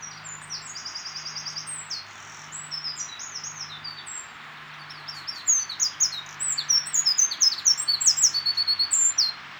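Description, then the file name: Eurasian wren song with a quick trill at the outset, softer high notes through the middle, and a strong, fast, rattling phrase over the last four seconds. "Troglodytes troglodytes"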